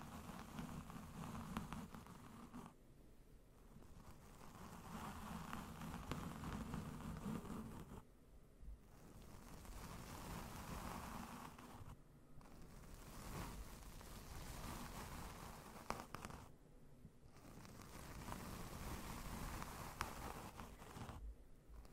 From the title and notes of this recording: ASMR NO TALKING slow and gentle mic brushing with the Blue Yeti.